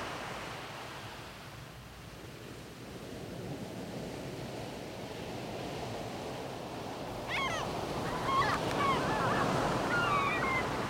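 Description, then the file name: Gull calls, short sharp cries rising and falling, appearing in the second half over constant rushing surf. Recorded by the sea. "mar y gaviotas"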